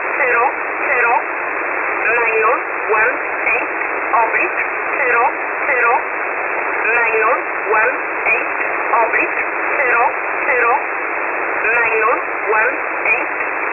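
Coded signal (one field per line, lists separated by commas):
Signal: numbers station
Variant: E11 Oblique, English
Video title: E11 Oblique 30/01/2024 1430 UTC 13363kHz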